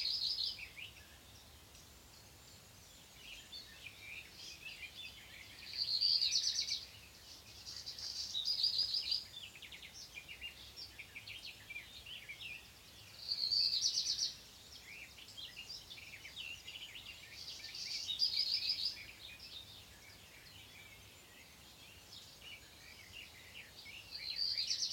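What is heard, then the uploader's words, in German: A black redstart sings short, bright phrases with a scratchy, crackling edge, repeating every four to six seconds. Between phrases a dense bed of high twittering and chirps from other birds continues steadily, with a faint low rumble underneath. Hausrotschwanz. Phoenicurus ochruros is a bird that catches flies in a nimble fashion.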